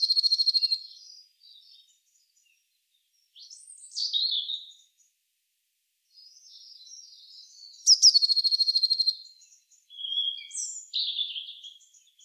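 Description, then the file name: Eurasian blue tit calls: high chatter and a sharp rising-falling note, then a fast buzzy churring rattle, with further scratchy high notes after it. "Cyanistes caeruleus"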